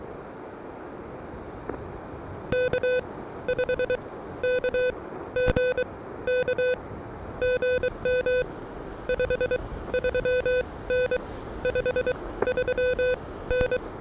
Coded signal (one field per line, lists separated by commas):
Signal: Morse code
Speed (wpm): 22 wpm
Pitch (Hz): 500 Hz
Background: none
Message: K5KG K GM 53N 53N